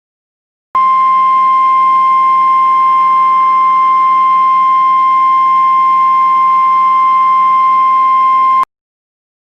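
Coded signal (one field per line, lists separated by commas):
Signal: Emergency Alert System (SAME) tones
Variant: 1050 Hz attention tone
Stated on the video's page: Fictional EAS scenario using valid EAS tones.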